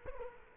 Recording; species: mosquito wingbeat signal from an infrared sensor; Culex quinquefasciatus